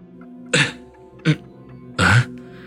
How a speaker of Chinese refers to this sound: 青雨拖着下巴看着咳得满脸通红的周文涛问道。